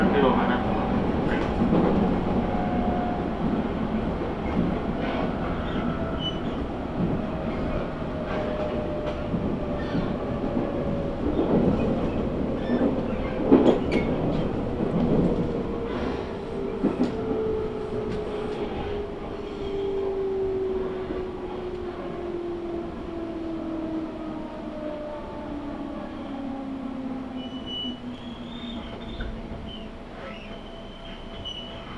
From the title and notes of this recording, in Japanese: 東海道本線 浜松→豊橋。6:20発の豊橋行きに乗車して。ホームで列車がくるのを待ちながら乗りこむ。